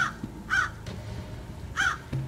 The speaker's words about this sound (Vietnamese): Một tiếng quạ đen trút lên từ đâu đó khiến cho anh Thạch giật thót mình.